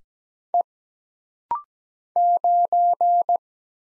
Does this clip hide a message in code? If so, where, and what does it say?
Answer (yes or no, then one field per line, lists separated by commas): yes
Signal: Morse code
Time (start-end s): 0.5-3.4 s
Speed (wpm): 17 wpm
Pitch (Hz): 700 Hz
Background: none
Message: E 9